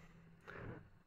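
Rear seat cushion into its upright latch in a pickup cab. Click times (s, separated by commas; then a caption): 0.5 s. A rear bench seat cushion in a Ford F-150 Lariat Sport FX4 pickup cab is pulled up and folded against the seatback, where it latches in the upright position just by pulling up. A single short, sharp hit at 0.5 s marks the cushion locking into place over a low, steady background hum.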